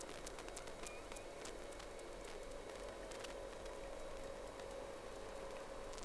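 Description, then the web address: Whale call: a drawn-out, fairly steady moaning tone under constant crackling and snapping underwater noise. Two whales, 3 October 2006. "Sea Snake 10-3-06 Whales X 2 14-02"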